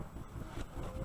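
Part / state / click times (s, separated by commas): fiber optic front sight onto shotgun barrel / not seated / none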